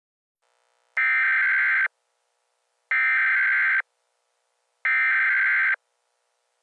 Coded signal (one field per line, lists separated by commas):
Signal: Emergency Alert System (SAME) tones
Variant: header bursts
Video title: EAS Scenario CSX 2310 Unstoppable (Updated)